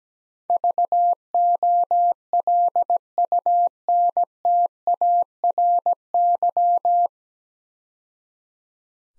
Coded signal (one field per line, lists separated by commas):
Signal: Morse code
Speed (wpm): 17 wpm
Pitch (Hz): 700 Hz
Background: none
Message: VOLUNTARY